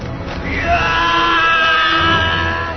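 A man lets out a single loud, sustained shout, a strained battle cry with a harsh, ringing tone that holds steady for a couple of seconds before trailing off, as he thrusts his kris at the leader of a Dutch colonial company troop.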